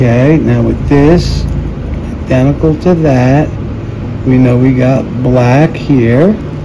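A crimped black-wire terminal is being handled at the plastic connector housing of a Harley Sportster speed sensor harness during a speed sensor swap, with wire colours matched between the old and new connectors. Someone talks over a low, steady background hum, and nothing has seated or clicked into the housing yet.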